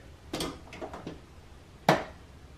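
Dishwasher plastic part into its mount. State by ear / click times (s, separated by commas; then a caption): seated / 1.9 s. A plastic dishwasher part is pressed into its mount, with a few soft plastic knocks and rustles early on. It snaps into place with one sharp click at 1.9 s, and the part is seated.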